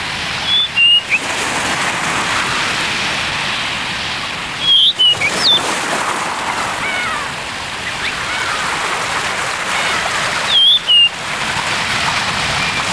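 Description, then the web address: Blue rock thrush song: three brief whistled phrases spaced several seconds apart, half-masked by continuous loud rushing noise. "sikioto. isohiyodori"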